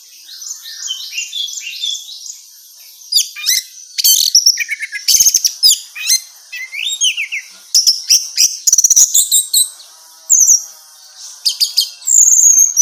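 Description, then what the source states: Orange-headed thrush singing a varied, rapid run of high chirps, trills and slurred whistles with brief gaps, nearly continuous throughout. Female bird; recording made for therapy and training.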